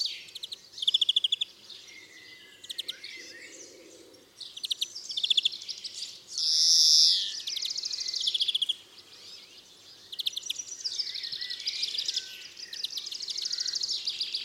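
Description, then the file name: European greenfinch twittering in fast rippling trills, broken midway by a single loud nasal wheeze, then resuming the rolling twitter. "Chloris chloris"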